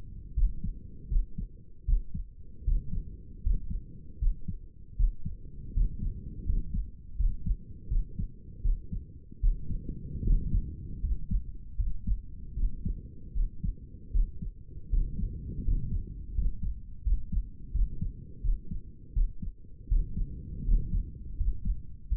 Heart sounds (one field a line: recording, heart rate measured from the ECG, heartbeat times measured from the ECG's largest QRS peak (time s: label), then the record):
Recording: heart sounds by stethoscope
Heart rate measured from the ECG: 80 bpm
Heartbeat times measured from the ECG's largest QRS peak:
0.34 s: heartbeat
1.09 s: heartbeat
1.85 s: heartbeat
2.64 s: heartbeat
3.43 s: heartbeat
4.19 s: heartbeat
4.96 s: heartbeat
5.73 s: heartbeat
6.45 s: heartbeat
7.16 s: heartbeat
7.88 s: heartbeat
8.62 s: heartbeat
9.40 s: heartbeat
10.24 s: heartbeat
11.01 s: heartbeat
11.76 s: heartbeat
12.54 s: heartbeat
13.33 s: heartbeat
14.12 s: heartbeat
14.90 s: heartbeat
15.64 s: heartbeat
16.34 s: heartbeat
17.03 s: heartbeat
17.72 s: heartbeat
18.41 s: heartbeat
19.13 s: heartbeat
19.88 s: heartbeat
20.65 s: heartbeat
21.37 s: heartbeat
22.08 s: heartbeat
From the record:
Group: healthy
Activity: rest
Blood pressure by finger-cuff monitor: 106/68 mmHg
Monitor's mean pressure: 77 mmHg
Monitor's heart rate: 79 bpm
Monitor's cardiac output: 6.5 L/min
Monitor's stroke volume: 81 mL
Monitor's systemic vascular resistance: 860 dyn s/cm5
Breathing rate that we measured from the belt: 12 breaths a minute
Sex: male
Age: 35 years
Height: 180 cm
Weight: 86.9 kg